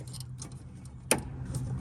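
A fuel line quick-connect fitting is pushed onto a new Reicho inline fuel filter under a VT Commodore, with the old black clip left in place. Faint scrapes and small ticks sound over a low background hum before a sharp, bright click at 1.1 s. The fitting is seated, and the line is then tugged to check that it is secure.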